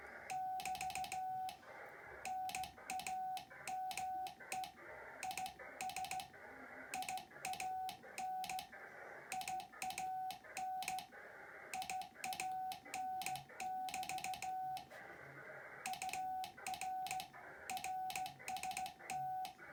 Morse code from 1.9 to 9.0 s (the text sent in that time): NAME IS IAN